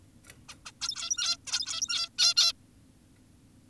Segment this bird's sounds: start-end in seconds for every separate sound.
0.49-0.55, 0.66-0.72, 0.82-1.37, 1.47-2.09, 2.18-2.34, 2.37-2.53